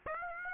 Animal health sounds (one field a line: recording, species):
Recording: mosquito wingbeat signal from an infrared sensor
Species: Aedes aegypti